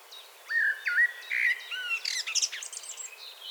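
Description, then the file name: Common blackbird song: a run of rich, low whistled notes, breaking into a scratchy high-pitched twitter at the end. "Turdus merula 181122"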